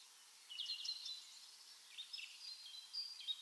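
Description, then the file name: Common chaffinch calls: bursts of high, quick chirping notes, one cluster early and several shorter bright phrases later, over a quiet hiss. "Fringilla coelebs"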